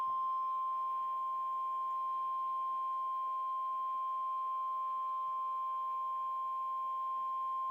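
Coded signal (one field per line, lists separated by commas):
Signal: Emergency Alert System (SAME) tones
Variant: 1050 Hz attention tone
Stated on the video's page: Real Tornado Warning from the National Weather Service for three Texas counties, EAS activation requested.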